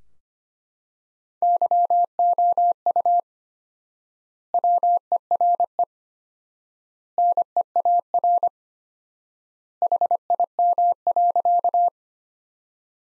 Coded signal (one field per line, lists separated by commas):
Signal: Morse code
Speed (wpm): 25 wpm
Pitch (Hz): 700 Hz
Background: none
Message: YOU WERE NEAR HIM.